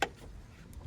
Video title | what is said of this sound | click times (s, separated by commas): Anchor Points on Your Car (No One Uses) | Make sure you hear both those clicks. There we go. I'm in there completely. | 0.0 s, 0.7 s